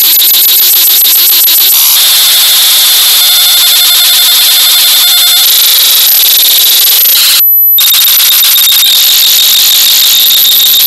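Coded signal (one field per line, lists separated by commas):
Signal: ZX Spectrum tape loading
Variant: turbo loader, 11 kbps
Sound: loud harsh buzzing data screech with rapid rhythmic pulsing and a brief silent gap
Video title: ZX Spectrum Game: SBugetti Junction - 1986 - Bug-Byte Software Ltd - Turbo Loader 11 kbps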